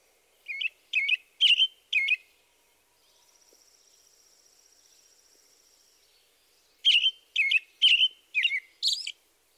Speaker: Now listen to the robin's song one more time.